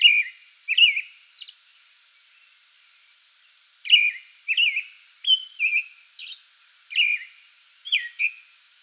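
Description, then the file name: American robin: a few whistled phrases, then a pause of a couple of seconds, then the song resumes with carolled notes and high squeaky additions. Song bout recorded 8 May 2022. "2022-05-08 American Robin song bout"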